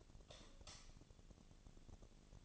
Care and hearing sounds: daily activity, microphone in the room; light off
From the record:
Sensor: 4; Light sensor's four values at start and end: 38/111/44/45 and 38/110/44/45

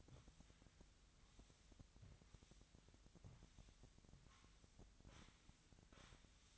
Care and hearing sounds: daily activity, microphone in the room; sweep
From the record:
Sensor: 3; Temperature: 25.2 degrees Celsius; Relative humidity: 38.4%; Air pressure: 1001.6 hPa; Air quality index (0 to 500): 224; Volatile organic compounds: 31 ppm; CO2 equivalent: 2978 ppm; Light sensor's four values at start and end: 11/35/15/13 and 11/35/15/13

